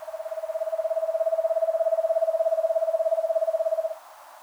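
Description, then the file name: Eastern screech owl trill, a fast even run of soft whistled notes on a single steady pitch lasting about four seconds before ending, leaving faint hiss. "Eastern Screech Owl Megascops asio"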